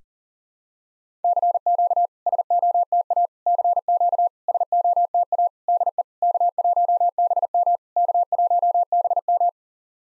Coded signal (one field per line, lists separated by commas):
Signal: Morse code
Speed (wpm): 40 wpm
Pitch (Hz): 700 Hz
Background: none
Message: CQ SOTA CQ SOTA DE K1BM K1BM